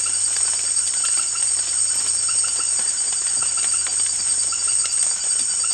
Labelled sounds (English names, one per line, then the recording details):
none
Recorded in secondary vegetation near Puerto Asís, Putumayo, Colombia, on 24 June 2025
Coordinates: 0.488, -76.319
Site G094